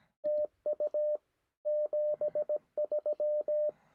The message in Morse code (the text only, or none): TU 73